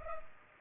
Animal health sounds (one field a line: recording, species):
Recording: mosquito wingbeat signal from an infrared sensor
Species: Culex pipiens